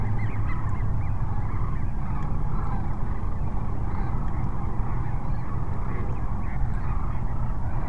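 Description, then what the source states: Sandhill cranes, many birds giving rolling, gargling calls at once, a constant chorus with a low background drone. Sandhill cranes at Cochise Lakes on 30 January 2019.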